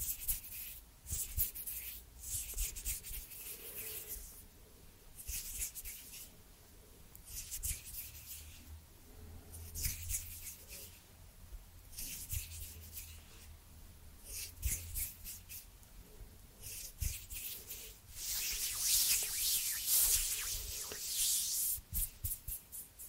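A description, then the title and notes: Hands rub and brush against one another in uneven bursts, soft scratchy strokes building to a louder, brighter stretch of rubbing near the end. Cozy hand sounds and movements.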